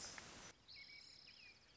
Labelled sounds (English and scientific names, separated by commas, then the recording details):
American Robin (Turdus migratorius)
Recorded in Sonoma County, California